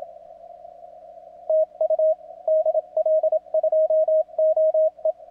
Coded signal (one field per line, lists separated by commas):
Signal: Morse code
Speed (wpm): 25 wpm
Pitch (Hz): 660 Hz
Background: radio noise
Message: TU DL2OE